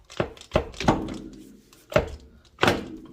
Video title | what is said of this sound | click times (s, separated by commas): Honda Cv-Axle D.i.Y. Lets Gooo. ((Reposting this Video Again Due to a Torque Spec Error)) | push it in. You're gonna hear that clunk. | 2.0 s, 2.6 s